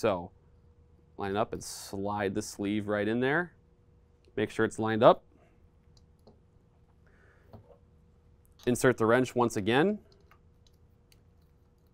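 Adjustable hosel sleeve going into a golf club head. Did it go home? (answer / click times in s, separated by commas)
no / none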